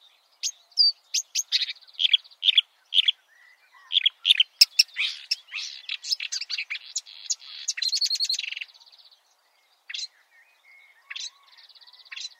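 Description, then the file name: Marsh warbler song: a busy string of chirps and whistles building into a long buzzy rattle, then fading to sparse notes and a soft buzz. "suara-kicauan-burung-marsh-warbler -omkicau"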